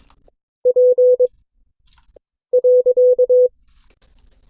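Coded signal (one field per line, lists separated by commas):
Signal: Morse code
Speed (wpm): 22 wpm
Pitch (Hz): 500 Hz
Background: none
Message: P.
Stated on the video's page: Morse code class session from an amateur radio club.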